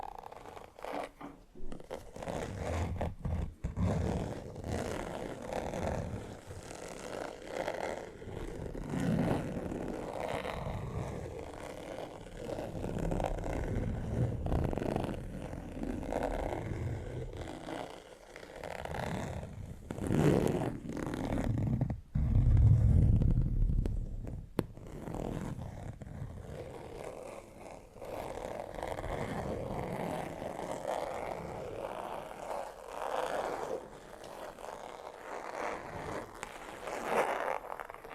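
Fingernails scratch and tap across textured leather in a continuous, dense stream of rasping strokes, mostly low and mid-toned with some brighter grit. The scraping stays steady throughout, with brief near-silent breaks around 3 and 22 seconds and slightly louder passages near 20–24 seconds.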